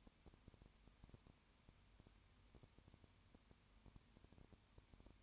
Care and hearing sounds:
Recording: daily activity, microphone in the room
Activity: no activity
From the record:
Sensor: 2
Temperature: 20.8 degrees Celsius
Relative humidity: 38.3%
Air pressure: 1010.4 hPa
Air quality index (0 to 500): 200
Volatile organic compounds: 19 ppm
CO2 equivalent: 2646 ppm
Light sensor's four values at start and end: 2/3/2/2 and 2/3/2/2

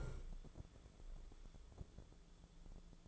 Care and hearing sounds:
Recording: daily activity, microphone in the room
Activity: stand up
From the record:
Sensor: 5

